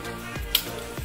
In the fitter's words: Click बोल के एक साउंड आया ना, वो उसका मतलब है आपका स्ट्रिंग लोड हो चुका है, मतलब कॉक हो चुका है।